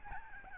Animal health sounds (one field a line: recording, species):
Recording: mosquito wingbeat signal from an infrared sensor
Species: Aedes albopictus